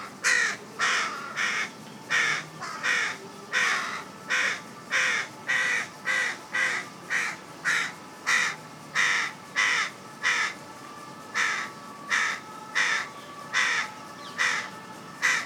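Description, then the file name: Carrion crow giving a long run of rapid, harsh caws, roughly one and a half per second, with little pause. "Corvus corone"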